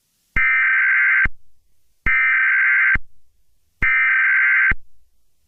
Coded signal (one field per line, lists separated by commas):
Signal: Emergency Alert System (SAME) tones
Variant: header bursts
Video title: EAS Scenario 36: San Andreas